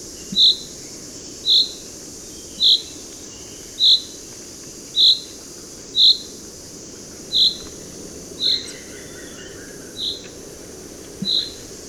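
Common chaffinch giving clipped, high single call notes at roughly one-second intervals, ten heard, with a faint lower warble near the end and constant background noise.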